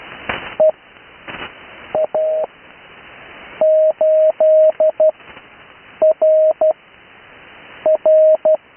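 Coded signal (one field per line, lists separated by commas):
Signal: Morse code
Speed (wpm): 12 wpm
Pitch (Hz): 630 Hz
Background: none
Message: EA8RR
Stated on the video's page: Morse code callsign practice, recorded live.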